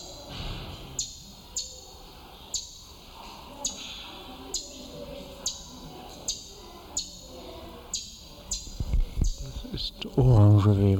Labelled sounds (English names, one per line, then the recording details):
Southern Red Bishop call
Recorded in captivity
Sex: male
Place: Zoo Berlin, Berlin, DE
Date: 1996-01-06 15:00
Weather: bedeckt, -4°C
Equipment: Sony WM-D6C, Sennheiser ME 80, Kopie Uher 4000 Report Monitor
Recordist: Tembrock, Günter